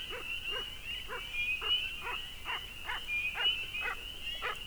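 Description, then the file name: Beaver whining calls: short nasal notes with stacked harmonics, repeated in a steady series over a steady high-pitched hum. Beaver at work; Chippewa, Minnesota, USA; dated 03-19-07. "Chippewa MN Beaver At Work"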